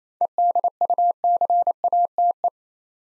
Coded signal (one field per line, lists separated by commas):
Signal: Morse code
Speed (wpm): 28 wpm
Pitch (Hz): 700 Hz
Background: none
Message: EDUCATE